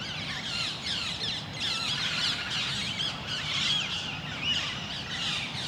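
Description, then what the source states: Parakeets in a continuous chorus of harsh, squawking, high-pitched screeches overlapping throughout, over low background rumble. Parakeets in Parc Duden, Forest, Brussels, Belgium, just before nightfall; recorded with Zoom MicTrak M4 internal XY microphones.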